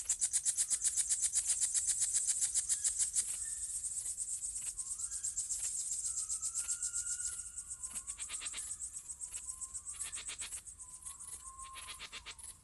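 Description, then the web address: Crickets chirping in a fast, high pulsing chorus, with soft sliding whistled notes in the background. Summer night ambience. "sonniss gdc audio. crickets owls summer night"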